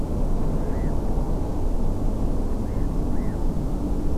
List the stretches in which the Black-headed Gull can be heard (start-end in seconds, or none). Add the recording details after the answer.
0.72-0.90, 2.65-2.86, 3.13-3.35. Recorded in France